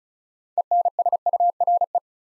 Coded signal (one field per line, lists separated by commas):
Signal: Morse code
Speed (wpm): 36 wpm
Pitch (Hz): 700 Hz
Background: none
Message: ENSURE